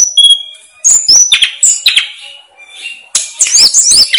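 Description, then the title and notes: Snowy-browed flycatcher song: a thin high whistle, then tumbling chirps and slurred notes, a quieter stretch, and a final bright burst of rapid twitters. Masteran recording made for training cage birds; local names Tledekan Gunung and Sikatan Gunung. "Masteran Tledekan Gunung Sikatan Gunung 1. BURUNG TLEDEKAN"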